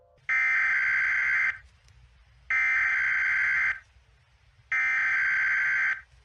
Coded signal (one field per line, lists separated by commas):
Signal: Emergency Alert System (SAME) tones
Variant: header bursts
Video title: EAS ALARMS OF AMERICAN COUNTRIES